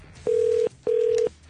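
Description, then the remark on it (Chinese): A telephone ringing tone on the line as an RTHK radio show calls a listener: two steady, mid-pitched buzzing tones, each under half a second, separated by a short gap, with no voices. “唔知佢会唔会听电话呢？你冇打错电话嘅嗬？”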